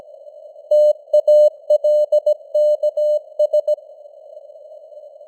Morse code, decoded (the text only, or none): TALKS